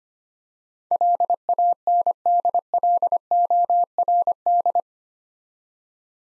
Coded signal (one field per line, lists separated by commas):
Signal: Morse code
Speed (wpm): 25 wpm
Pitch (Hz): 700 Hz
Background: none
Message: LANDLORD